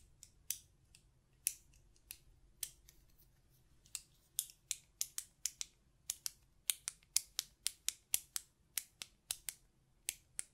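Sharp button clicks and taps ring out one after another, each a crisp, bright snap that fades quickly. They come sparsely at first, then grow denser and more regular after about four seconds, running in a steady rhythm to the end over a faint low hum.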